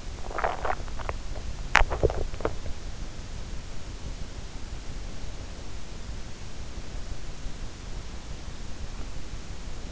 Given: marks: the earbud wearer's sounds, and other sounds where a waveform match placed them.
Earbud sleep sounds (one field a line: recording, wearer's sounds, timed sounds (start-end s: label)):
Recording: sounds in sleep by an in-ear microphone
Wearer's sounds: swallowing, teeth grinding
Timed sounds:
0.00-1.19 s: swallowing
1.19-3.26 s: teeth grinding